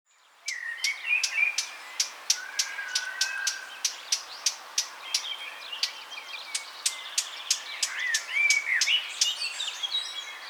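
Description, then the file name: Eurasian blackcap calls in a fast series of hard tack clicks, about three a second, over scratchy warbled chatter and short whistles. "Sylvia atricapilla"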